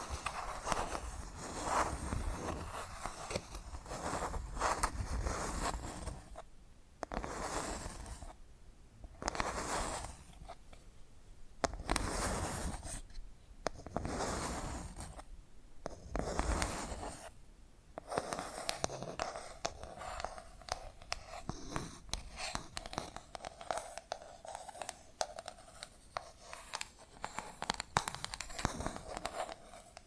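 Tapping and scratching sounds come in dense, irregular bursts of bright scraping, broken by brief pauses around seconds seven, ten, fifteen and eighteen.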